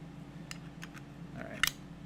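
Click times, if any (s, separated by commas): 1.6 s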